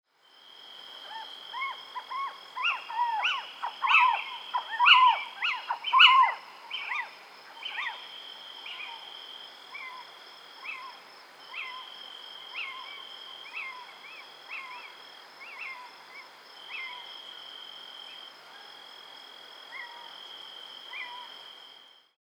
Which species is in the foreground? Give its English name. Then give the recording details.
Little Owl. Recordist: Frommolt, Karl-Heinz. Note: Rufe